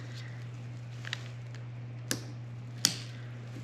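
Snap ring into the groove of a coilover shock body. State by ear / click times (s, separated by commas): seated / 2.8 s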